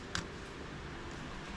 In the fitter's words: you can hear it snap in